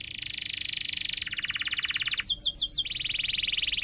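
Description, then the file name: Canary song: long rapid high trills, a fast buzzy roll, then a brief burst of sharp descending chips before the rolling trill resumes. Canary in strong continuous singing (gacor), with cuit-cuit chirps and a sharp rolling (ngerol tajam) song style. "Suara Kenari Gacor Cuit Cuit Ngerol Tajam"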